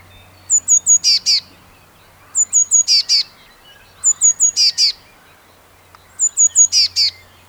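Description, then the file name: Eurasian blue tit giving repeated phrases, each of three high, thin notes then two rasping buzzy notes, heard four times roughly every two seconds, with a steady low hum beneath. "Cyanistes caeruleus"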